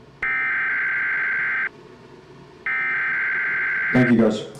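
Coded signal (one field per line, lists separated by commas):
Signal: Emergency Alert System (SAME) tones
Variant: header bursts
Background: speech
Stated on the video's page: Simulated EAS emergency action notification for nuclear fallout, an interruption within a streamed show.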